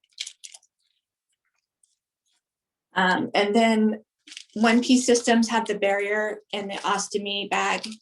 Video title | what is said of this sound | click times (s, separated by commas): Ostomy and Leakages webinar - Better Health, JoinBetter.com - Ostomy Blockages How to Deal With | you know if you can hear that there's a click | 0.2 s